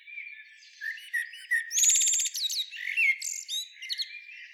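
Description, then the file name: Common blackbird song: soft fluted warbling leading into a burst of high, thin, squeaky twitters and chattering notes. "Turdus merula"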